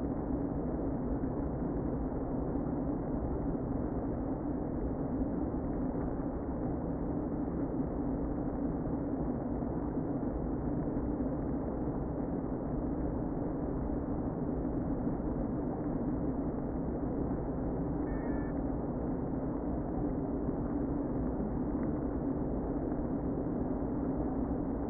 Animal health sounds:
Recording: honeybee colony, microphone inside the hive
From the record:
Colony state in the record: queen present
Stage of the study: before two queens were removed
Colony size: about 60,000 bees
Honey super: yes

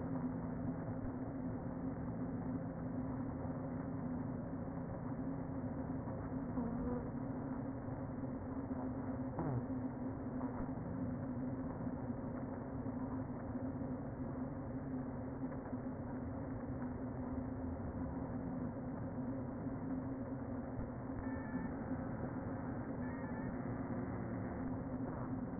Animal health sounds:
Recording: honeybee colony, microphone inside the hive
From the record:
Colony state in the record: queen present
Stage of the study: before two queens were removed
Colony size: about 60,000 bees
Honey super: yes

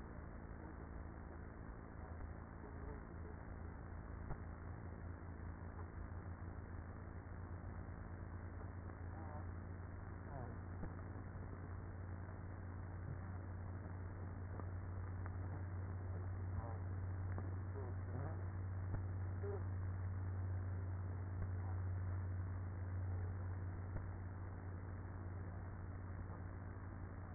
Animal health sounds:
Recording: honeybee colony, microphone inside the hive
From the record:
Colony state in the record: queenless with a low population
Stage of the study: after two queens were removed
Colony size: about 30,000 bees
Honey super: no

